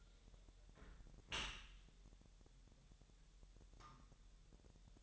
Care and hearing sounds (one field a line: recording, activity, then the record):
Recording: daily activity, microphone in the room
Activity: close dishwasher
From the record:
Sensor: 3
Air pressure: 1000.6 hPa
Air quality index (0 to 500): 248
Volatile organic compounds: 173 ppm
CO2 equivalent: 4117 ppm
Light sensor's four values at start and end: 11/26/11/10 and 11/26/11/10